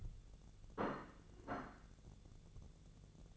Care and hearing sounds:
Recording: daily activity, microphone in the room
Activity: place plate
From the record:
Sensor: 4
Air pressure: 1001.0 hPa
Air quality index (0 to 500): 143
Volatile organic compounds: 2 ppm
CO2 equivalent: 1053 ppm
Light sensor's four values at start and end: 26/62/26/27 and 26/62/26/27

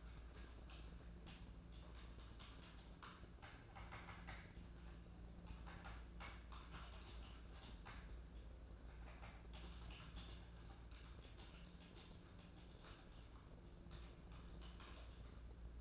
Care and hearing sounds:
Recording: daily activity, microphone in the room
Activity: typing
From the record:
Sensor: 2

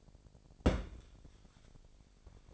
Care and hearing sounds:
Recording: daily activity, microphone in the room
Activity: place on stove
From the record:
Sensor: 5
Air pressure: 1012.1 hPa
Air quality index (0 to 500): 238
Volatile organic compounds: 4 ppm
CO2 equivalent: 1576 ppm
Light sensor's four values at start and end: 42/95/41/45 and 42/95/41/45

